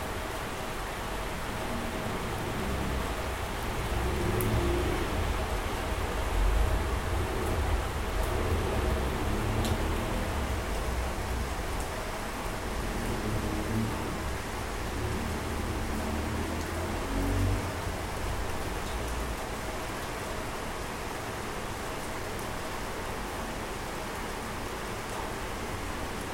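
Steady rain hisses evenly for the whole stretch, thick and unbroken, with a low rumbling undertone that swells slightly around the middle. Scattered sharp drip-like ticks pop through now and then, especially between four and twelve seconds.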